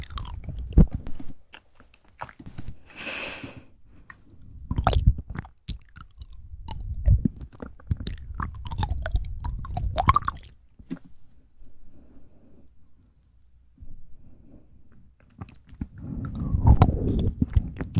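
Fast, wet mouth sounds with chewing-like clicks and squishes come in dense bursts, briefly pausing around twelve to fifteen seconds before resuming.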